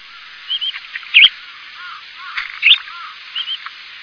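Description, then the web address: Bird calls: short chirps and slurred notes in brief clusters, with two sharper V-shaped notes, over faint steady hiss. In Higashiosaka, Japan. "higashiosaka bird koe"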